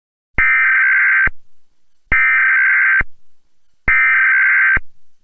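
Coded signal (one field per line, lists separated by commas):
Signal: Emergency Alert System (SAME) tones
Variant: header bursts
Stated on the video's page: Mock EAS Required Monthly Test for Texas via IPAWSCAP, with valid tones and text-to-speech voices.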